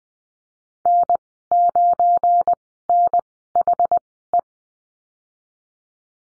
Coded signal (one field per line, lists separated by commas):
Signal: Morse code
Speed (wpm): 20 wpm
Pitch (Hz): 700 Hz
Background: none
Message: N9NHE